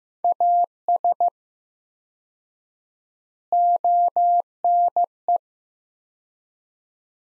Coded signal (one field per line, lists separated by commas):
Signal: Morse code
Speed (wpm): 15 wpm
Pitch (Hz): 700 Hz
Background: none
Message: AS ONE